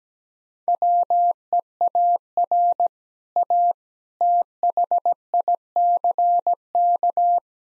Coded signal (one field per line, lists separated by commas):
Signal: Morse code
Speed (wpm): 17 wpm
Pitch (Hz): 700 Hz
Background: none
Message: WEAR A THICK